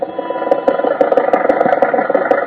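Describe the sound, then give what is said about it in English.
A car engine runs steadily at a mid-pitched hum as Rochester drives Jack to the studio in a Jack Benny Program scene, with a continuous rumbling drone and small rhythmic ticks and clatters throughout, and no voices. “At the moment, Rochester is driving Jack to the studio.”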